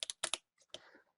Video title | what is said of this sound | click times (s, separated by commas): ASUS U52F Laptop Screen Replacement Procedure | You listen for the snapping sounds. | 0.0 s, 0.2 s, 0.3 s